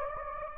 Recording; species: mosquito wingbeat signal from an infrared sensor; Anopheles gambiae